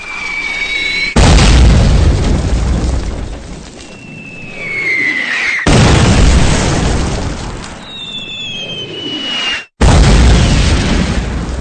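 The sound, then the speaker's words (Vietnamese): Three heavy, roaring artillery blasts hit in sequence, each a broad rumbling boom that slowly decays, with whistling, falling shell tones streaking over the explosions between impacts, as heavy guns open fire again, this time concentrated on a hamlet. “Tiếng súng lớn lại gầm lên dữ dội trở lại, nhưng lần này hỏa lực dường như chỉ gom về phía xóm chứ không rải ra như lần đầu nữa.”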